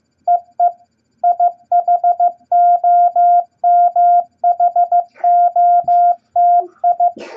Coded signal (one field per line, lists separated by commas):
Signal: Morse code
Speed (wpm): 15 wpm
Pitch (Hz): 700 Hz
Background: none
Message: EE IHOMHOTI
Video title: Morse Code Practice Beginner Set EISHTMO At 15 Words Per Minute #3!